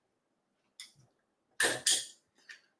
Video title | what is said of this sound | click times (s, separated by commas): Lets talk reloading #mac24 lets reload some 308 on the 419 zero press | and it locks in so the head is locked so | 1.6 s, 1.9 s